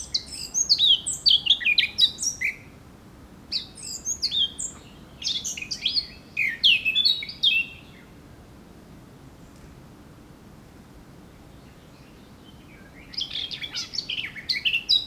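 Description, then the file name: Eurasian blackcap singing repeated bursts of fast warbling with fluty falling whistles, then a silence of about five seconds before the song resumes. "Sylvia atricapilla"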